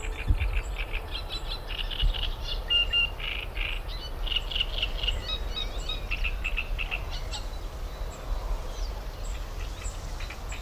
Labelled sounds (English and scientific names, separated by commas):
Great Reed Warbler (Acrocephalus arundinaceus)